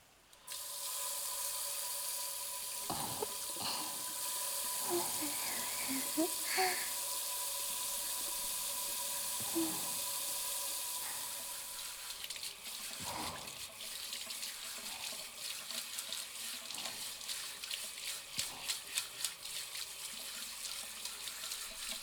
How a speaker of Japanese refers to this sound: そろそろ洗い終わったかな。シャワーで泡洗い流していこっか。 お湯出すね。